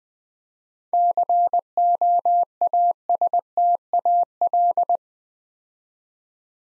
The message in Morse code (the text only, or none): COASTAL